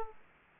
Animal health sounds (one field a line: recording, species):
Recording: mosquito wingbeat signal from an infrared sensor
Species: Aedes aegypti